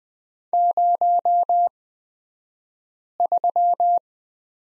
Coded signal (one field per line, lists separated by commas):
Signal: Morse code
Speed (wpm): 20 wpm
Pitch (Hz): 700 Hz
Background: none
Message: 03